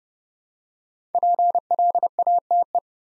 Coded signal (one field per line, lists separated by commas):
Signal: Morse code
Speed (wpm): 28 wpm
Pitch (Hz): 700 Hz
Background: none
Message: PLATE